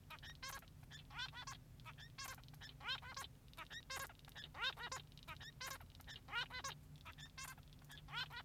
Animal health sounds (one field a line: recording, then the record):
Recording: song of a male Bengalese finch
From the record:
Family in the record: son of father 3